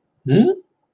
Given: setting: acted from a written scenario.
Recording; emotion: vocal sound without words; confusion